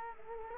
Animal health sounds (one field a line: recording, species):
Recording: mosquito wingbeat signal from an infrared sensor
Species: Culex quinquefasciatus